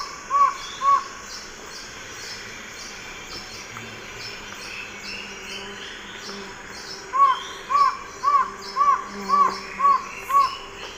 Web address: Natures Songs S America Eastern Lowlands. Thamnophilus aethiops, song